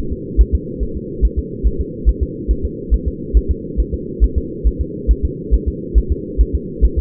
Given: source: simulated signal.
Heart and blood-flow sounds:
fetal heart sounds
0.12 s: S2
0.41 s: S1
0.55 s: S2
0.83 s: S1
0.97 s: S2
1.25 s: S1
1.39 s: S2
1.67 s: S1
1.81 s: S2
2.09 s: S1
2.23 s: S2
2.51 s: S1
2.65 s: S2
2.94 s: S1
3.08 s: S2
3.37 s: S1
3.51 s: S2
3.80 s: S1
3.94 s: S2
4.24 s: S1
4.38 s: S2
4.67 s: S1
4.81 s: S2
5.11 s: S1
5.25 s: S2
5.54 s: S1
5.68 s: S2
5.98 s: S1
6.12 s: S2
6.41 s: S1
6.55 s: S2
6.85 s: S1
6.99 s: S2
From the record:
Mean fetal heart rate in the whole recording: 140 bpm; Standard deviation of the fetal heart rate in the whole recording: 2 bpm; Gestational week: 34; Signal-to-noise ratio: -4.3 dB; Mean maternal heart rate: 72 bpm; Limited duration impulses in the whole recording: absent

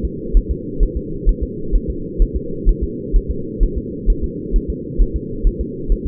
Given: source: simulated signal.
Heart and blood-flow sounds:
fetal heart sounds
0.05 s: S2
0.37 s: S1
0.51 s: S2
0.83 s: S1
0.97 s: S2
1.29 s: S1
1.43 s: S2
1.75 s: S1
1.90 s: S2
2.22 s: S1
2.36 s: S2
2.69 s: S1
2.83 s: S2
3.16 s: S1
3.31 s: S2
3.63 s: S1
3.78 s: S2
4.10 s: S1
4.24 s: S2
4.56 s: S1
4.70 s: S2
5.02 s: S1
5.16 s: S2
5.47 s: S1
5.61 s: S2
5.92 s: S1
6.06 s: S2
From the record:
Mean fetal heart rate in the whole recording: 130 bpm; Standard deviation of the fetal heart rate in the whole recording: 4 bpm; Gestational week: 38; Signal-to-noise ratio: -4.3 dB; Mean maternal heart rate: 72 bpm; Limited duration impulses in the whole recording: present

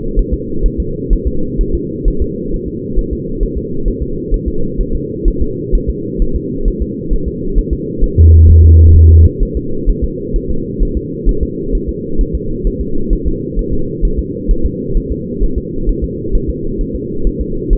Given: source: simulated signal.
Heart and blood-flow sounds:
fetal heart sounds
0.19 s: S1
0.34 s: S2
0.66 s: S1
0.80 s: S2
1.13 s: S1
1.27 s: S2
1.61 s: S1
1.75 s: S2
2.08 s: S1
2.22 s: S2
2.54 s: S1
2.68 s: S2
2.99 s: S1
3.13 s: S2
3.43 s: S1
3.58 s: S2
3.88 s: S1
4.02 s: S2
4.34 s: S1
4.48 s: S2
4.80 s: S1
4.95 s: S2
5.28 s: S1
5.42 s: S2
5.75 s: S1
5.90 s: S2
6.22 s: S1
6.36 s: S2
6.68 s: S1
6.82 s: S2
7.13 s: S1
7.28 s: S2
7.58 s: S1
7.73 s: S2
8.04 s: S1
8.18 s: S2
8.50 s: S1
8.64 s: S2
8.96 s: S1
9.10 s: S2
9.43 s: S1
9.57 s: S2
9.89 s: S1
10.04 s: S2
10.36 s: S1
10.50 s: S2
10.82 s: S1
10.97 s: S2
11.29 s: S1
11.43 s: S2
11.75 s: S1
11.89 s: S2
12.21 s: S1
12.35 s: S2
12.67 s: S1
12.81 s: S2
13.13 s: S1
13.27 s: S2
13.59 s: S1
13.73 s: S2
14.05 s: S1
14.19 s: S2
14.51 s: S1
14.65 s: S2
14.97 s: S1
15.12 s: S2
15.43 s: S1
15.58 s: S2
15.89 s: S1
16.04 s: S2
16.35 s: S1
16.50 s: S2
16.81 s: S1
16.95 s: S2
17.27 s: S1
17.41 s: S2
17.73 s: S1
From the record:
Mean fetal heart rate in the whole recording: 130 bpm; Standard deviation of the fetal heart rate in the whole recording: 4 bpm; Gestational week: 38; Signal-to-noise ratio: -8.1 dB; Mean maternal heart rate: 72 bpm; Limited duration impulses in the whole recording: present

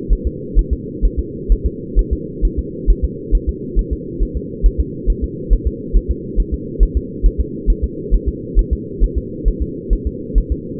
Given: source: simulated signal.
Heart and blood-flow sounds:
fetal heart sounds
0.13 s: S1
0.27 s: S2
0.59 s: S1
0.73 s: S2
1.05 s: S1
1.19 s: S2
1.52 s: S1
1.66 s: S2
1.99 s: S1
2.13 s: S2
2.45 s: S1
2.59 s: S2
2.90 s: S1
3.04 s: S2
3.35 s: S1
3.49 s: S2
3.79 s: S1
3.93 s: S2
4.23 s: S1
4.37 s: S2
4.66 s: S1
4.80 s: S2
5.10 s: S1
5.24 s: S2
5.53 s: S1
5.67 s: S2
5.97 s: S1
6.11 s: S2
6.40 s: S1
6.54 s: S2
6.83 s: S1
6.97 s: S2
7.26 s: S1
7.40 s: S2
7.70 s: S1
7.84 s: S2
8.14 s: S1
8.29 s: S2
8.59 s: S1
8.73 s: S2
9.04 s: S1
9.18 s: S2
9.48 s: S1
9.62 s: S2
9.93 s: S1
10.07 s: S2
10.38 s: S1
10.52 s: S2
From the record:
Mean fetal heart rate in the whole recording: 135 bpm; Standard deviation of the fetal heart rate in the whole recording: 3 bpm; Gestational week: 36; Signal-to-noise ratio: -4.1 dB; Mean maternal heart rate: no maternal heart sound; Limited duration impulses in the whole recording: absent

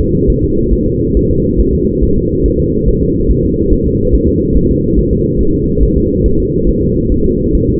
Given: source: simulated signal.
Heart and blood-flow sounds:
fetal heart sounds
0.01 s: S2
0.30 s: S1
0.44 s: S2
0.74 s: S1
0.88 s: S2
1.17 s: S1
1.31 s: S2
1.60 s: S1
1.75 s: S2
2.03 s: S1
2.18 s: S2
2.46 s: S1
2.60 s: S2
2.88 s: S1
3.03 s: S2
3.31 s: S1
3.45 s: S2
3.73 s: S1
3.87 s: S2
4.15 s: S1
4.29 s: S2
4.57 s: S1
4.71 s: S2
4.99 s: S1
5.13 s: S2
5.41 s: S1
5.55 s: S2
5.83 s: S1
5.98 s: S2
6.26 s: S1
6.40 s: S2
6.69 s: S1
6.83 s: S2
7.12 s: S1
7.26 s: S2
7.55 s: S1
7.70 s: S2
From the record:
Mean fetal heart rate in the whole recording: 140 bpm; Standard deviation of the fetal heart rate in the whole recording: 2 bpm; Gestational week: 34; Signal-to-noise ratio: -15.3 dB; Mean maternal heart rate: 72 bpm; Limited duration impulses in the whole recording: present

